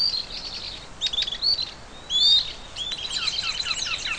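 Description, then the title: Bird song, high twittering with quick chirps and a few clear sliding whistles, fairly continuous. "LuckyPassaro Completos2Sama"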